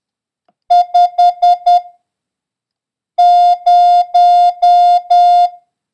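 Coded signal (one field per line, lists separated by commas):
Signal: Morse code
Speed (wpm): 10 wpm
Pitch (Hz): 710 Hz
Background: none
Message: 50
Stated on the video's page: Morse code lesson drill covering the letters M, A, N and the number 0, with a random run of letters.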